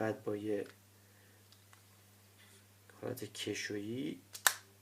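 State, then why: Seated. An SSD is slid sideways into a plastic optical-bay caddy for a MacBook Pro until it seats on the connector, with a sharp click at 4.5 seconds. Someone talks before and during the slide, and a few faint ticks are heard in the quiet stretch between.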